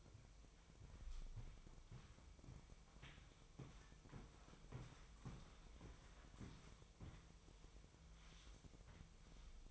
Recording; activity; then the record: daily activity, microphone in the room; walk to room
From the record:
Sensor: 1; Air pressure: 999.4 hPa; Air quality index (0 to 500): 197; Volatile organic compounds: 39 ppm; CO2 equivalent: 3124 ppm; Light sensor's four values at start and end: 9/23/9/10 and 9/22/9/9